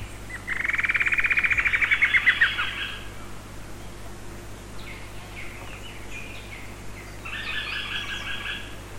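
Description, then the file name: Bird trill, a rapid series of bright notes that falls slightly over about two seconds, followed later by two bursts of stacked, buzzy repeated notes. "SABIOD 50 bird 2015"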